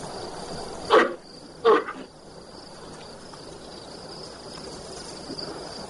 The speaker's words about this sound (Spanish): Una manada de tapires ozan el suelo, algo apartados de los monos. Un tapir molesta a uno de los monos que le ruge amenazante.